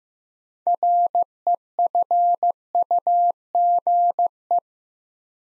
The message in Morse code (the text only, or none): REFUGE